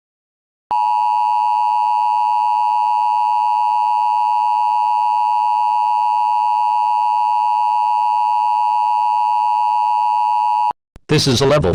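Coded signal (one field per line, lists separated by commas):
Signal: Emergency Alert System (SAME) tones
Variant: 853 and 960 Hz attention tone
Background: speech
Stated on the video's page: Fictional scenario, not a real alert.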